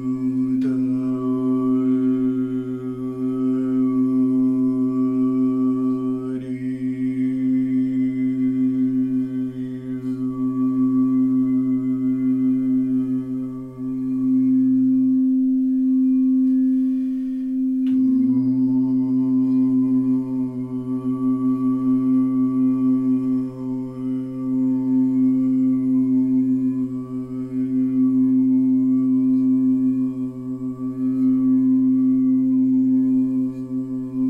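Singing bowls ring in a steady, layered drone with a slow pulsing shimmer, briefly thinning to one tone around fifteen to eighteen seconds.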